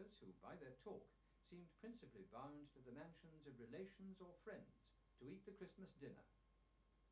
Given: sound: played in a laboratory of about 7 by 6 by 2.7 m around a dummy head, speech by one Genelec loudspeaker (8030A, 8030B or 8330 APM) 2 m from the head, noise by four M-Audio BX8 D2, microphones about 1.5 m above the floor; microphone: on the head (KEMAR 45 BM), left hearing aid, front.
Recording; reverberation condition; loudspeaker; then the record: male speech in English; low; 90 degrees to the right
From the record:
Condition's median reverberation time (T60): about 310 ms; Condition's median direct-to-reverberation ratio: about 3.5 dB